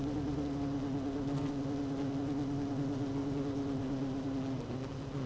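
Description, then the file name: Honey bee hive hum, a steady low drone with a bright tone and stacked overtones, unbroken for the whole five seconds, with a slight dip near the end. Queen bee in hive 1, recorded 12 June 2018 at 16:30. "Hive 1 12 06 2018 Queen Bee H 1 audio 16 30 00"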